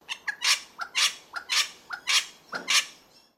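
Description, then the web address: Wattlebird calls, harsh raspy notes each preceded by a short lower note, repeated roughly every half second in a steady series of about five. "Sound Effects-Foundation 1 BIRD WATTLE BIRD CALL"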